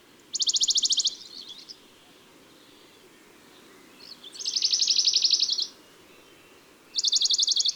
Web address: Juin Le Pouillot de bonelli. album les-4-saisons-des-chants-doiseaux